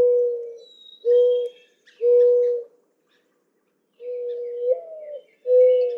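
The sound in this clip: Mourning dove cooing, low mellow coos near the same pitch, one with a rising inflection, with faint high whistles of other birds behind.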